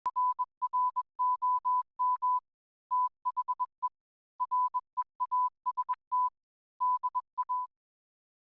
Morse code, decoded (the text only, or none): RROM THE REAST DA